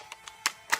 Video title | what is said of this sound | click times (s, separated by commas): WE MP5 vs SRC MP5 Part 2 of 2 | you go nicely clicks very solid clicker there that's a nice advantage this gun just | 0.5 s